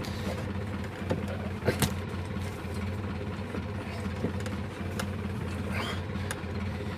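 A steady low engine hum drones on inside a car being driven by a beginner learning to drive, with a few brief clicks and rattles breaking through the continuous rumble.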